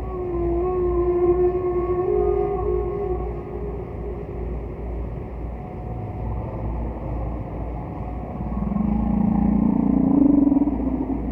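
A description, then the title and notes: A distant whale calls over a steady low rumble. Long, drawn-out tonal moans hold and slowly bend during the first three seconds, fainter higher tones trail behind, and a deeper, louder swelling call rises from about eight seconds to the end. Distant Whale.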